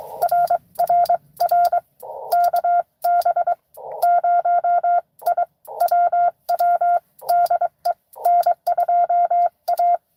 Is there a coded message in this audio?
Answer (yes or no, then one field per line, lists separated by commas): yes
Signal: Morse code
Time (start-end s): 0.2-10.0 s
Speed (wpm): 23 wpm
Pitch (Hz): 690 Hz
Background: radio noise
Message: RRR KB0IWW DE N2A